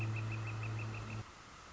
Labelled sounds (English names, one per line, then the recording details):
Northern Flicker
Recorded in Sonoma County, California